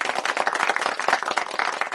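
A group of people clapping steadily for a participant, many quick overlapping claps forming a dense, even patter of applause with no voices.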